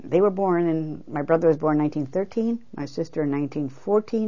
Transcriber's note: none